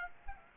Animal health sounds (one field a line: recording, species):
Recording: mosquito wingbeat signal from an infrared sensor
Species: Aedes aegypti